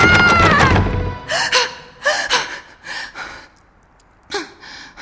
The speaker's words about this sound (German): Laurie blieb keuchend hinter der Tür stehen, wagte nicht zu hoffen, dass der Kopf aufgegeben hatte.